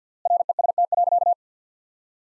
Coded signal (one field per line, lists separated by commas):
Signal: Morse code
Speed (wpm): 50 wpm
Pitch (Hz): 700 Hz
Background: none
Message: REST.